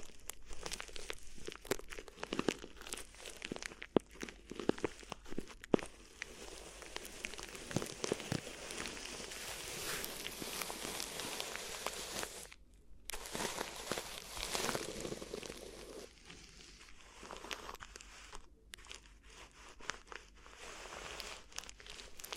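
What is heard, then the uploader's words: Crinkly rustling of an ear massage, a busy, continuous crackle of soft crunches and crinkles with frequent sharper snaps, especially in the first six seconds. The texture stays dense throughout, with two brief gaps of near silence around 12.5 and 18.5 seconds. ASMR Addictive Crinkly Ear Massage (No Talking).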